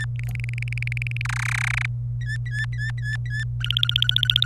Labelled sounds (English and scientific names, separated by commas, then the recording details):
Domestic Canary (Serinus canaria) song
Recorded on 27 April 2018 at 15:26
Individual llb3